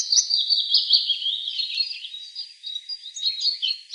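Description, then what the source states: Willow warbler singing soft, high warbled phrases. Recorded on 24 April 2013.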